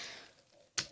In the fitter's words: Then you peg these two legs in, you'll hear like a small little click.